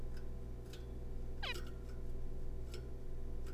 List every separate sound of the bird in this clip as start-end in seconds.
1.43-1.53